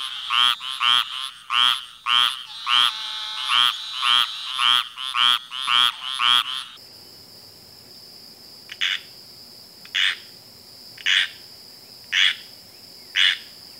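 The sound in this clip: Treefrog giving rapid nasal honks for six seconds, then a different, sparser series of shorter notes about once a second over a steady high hum.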